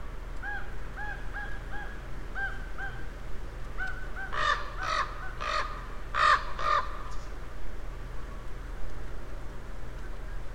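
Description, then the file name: Raven calls: a string of soft, nasal notes, then about five loud, harsh croaks in quick succession, before quiet with a low steady hum. Several ravens, recorded on 23 October 2008. "20081023 ravens 0833"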